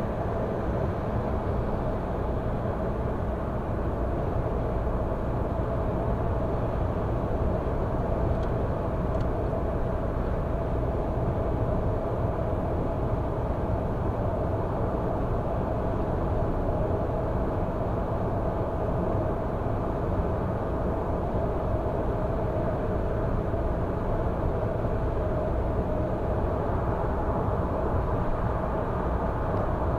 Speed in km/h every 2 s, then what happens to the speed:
107, 107, 106, 106, 106, 107, 107, 107, 107, 106, 106, 106, 106, 106, 105.
0-30 steady at about 106.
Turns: none.